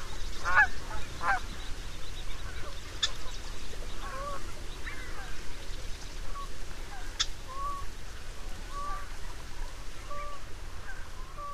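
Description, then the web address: Canada goose honks, a few loud calls early then softer, scattered honks and short clucks over constant low noise. Canada goose in western North America. "Songs of Birds of North America Know Your Bird Sounds. Canada Goose"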